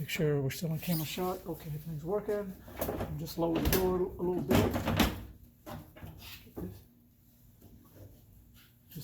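A gas strut's ball socket is lined up with the ball stud of an RV compartment door after the door is lowered slightly, with the clip already on. Someone talks over faint handling sounds and a brief soft knock near the end. Nothing has snapped or seated yet.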